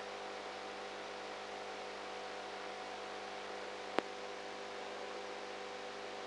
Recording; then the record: brain microelectrode recording played as sound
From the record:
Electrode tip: outside the subthalamic nucleus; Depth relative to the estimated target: 1 mm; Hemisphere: right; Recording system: NeuroSet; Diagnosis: Parkinson's disease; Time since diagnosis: 19 years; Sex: female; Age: 58 years